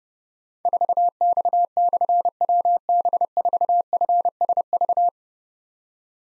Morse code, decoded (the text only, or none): 4X/WB4FSV